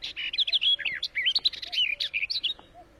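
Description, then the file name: Barred warbler song: a fast, scratchy warble of chattering notes and short rising and falling whistles, running without pause throughout. "Canto da toutinegra gaviao"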